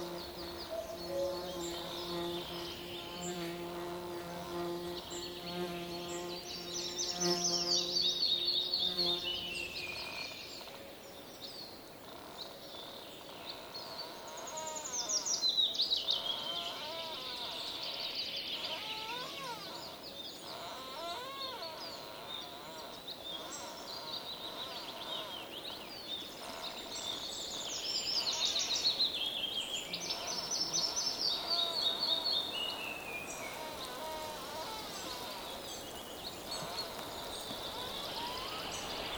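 Birds sing over an outdoor ambience, with bright, busy chirps and warbling phrases recurring throughout, strongest around 7, 15 and 29 seconds. For the first ten seconds a steady low hum with several tones runs underneath, then drops away, leaving a soft, even hiss.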